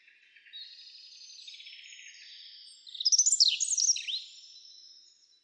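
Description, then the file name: European robin song beginning with a soft, buzzy warble, then a loud run of rapid, high, tumbling notes before it tails off. "Erithacus rubecula"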